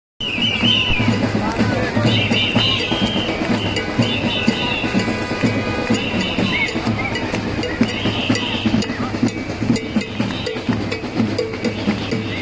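A protest crowd in Berlin, with a dense, constant mass of voices and shouting filling the whole clip at a steady loudness. High, wavering whistles or cries rise above the crowd repeatedly, and a low rumble runs underneath throughout.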